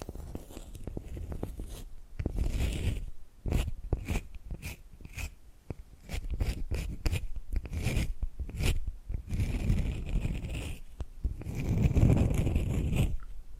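Tapping and scratching sounds come in uneven bursts, with rough scraping stretches of a second or two between sharp clicks and taps. Activity thickens around four, seven to eight, and ten to thirteen seconds, where rubbing and crunching grows heavier and low-pitched.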